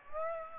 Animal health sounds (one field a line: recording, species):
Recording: mosquito wingbeat signal from an infrared sensor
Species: Aedes aegypti